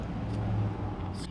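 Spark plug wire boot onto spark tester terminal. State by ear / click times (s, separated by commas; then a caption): not seated / none. A spark plug wire boot is pushed onto a spark tester terminal on the engine of a 1983 Honda Big Red ATV; it won't snap in as it normally would because the plug has no cap, so it has to be held by hand. A steady low hum runs throughout, with a brief sharp knock at 1.4 s. Nothing has seated or clicked yet.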